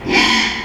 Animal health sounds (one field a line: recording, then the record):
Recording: squeal of a Yucatan mini pig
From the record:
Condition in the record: after surgery on the right vocal fold (resection and tissue-engineered implant)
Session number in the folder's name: 2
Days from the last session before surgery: 13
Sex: male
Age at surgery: 12 weeks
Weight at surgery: 13 kg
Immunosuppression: cyclosporine, prednisolone